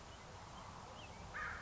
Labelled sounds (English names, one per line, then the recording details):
American Crow
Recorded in Sonoma County, California